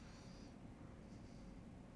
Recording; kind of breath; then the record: one breath in and out by a microphone near the nose and mouth; normal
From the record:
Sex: male